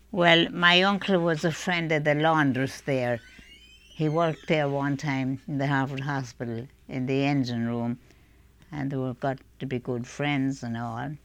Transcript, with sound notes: Well, my uncle was a friend of the laundress there. ( the sound of a squeaking door is heard ) He worked there one time in the Hartford Hospital in the engine room, and they got to be good friends and all.